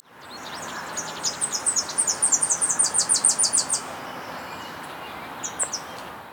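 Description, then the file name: Tennessee Warbler giving a rapid run of many thin, very high chips, then three fainter notes, over steady background hiss. "Leiothlypis peregrina - Tennessee Warbler"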